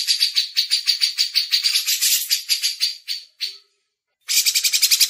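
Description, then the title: Grey-cheeked bulbul song: a string of rhythmic rasping notes that fades out, a short silence, then a quick new burst. Masteran: training audio for songbirds. "MASTERAN CUCAK JENGGOT"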